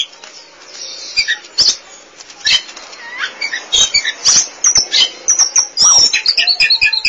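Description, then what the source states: Oriental magpie-robin song, a fast mix of high chips, trills and whistled slurs building to a rapid chattering run at the end. Song (kicauan).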